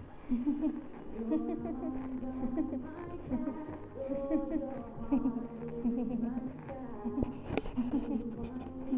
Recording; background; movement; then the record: laughter; music; sitting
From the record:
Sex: female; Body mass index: 22.6 kg/m2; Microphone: on the chest, facing the body